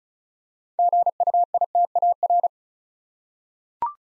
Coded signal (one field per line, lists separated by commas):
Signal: Morse code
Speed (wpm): 36 wpm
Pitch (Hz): 700 Hz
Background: none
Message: GUITAR